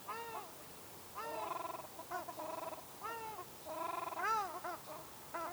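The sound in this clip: Ruddy shelduck calling in nasal, arched honks, often in quick pairs or short runs, roughly every second.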